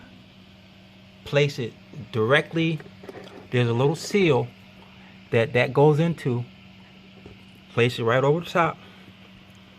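Someone talks while handling the thermostat for a 2003 Mercedes-Benz engine, placing it over the top of its coolant housing, where it fits into a rubber seal. A steady low hum runs underneath the speech. Nothing has seated or clicked yet.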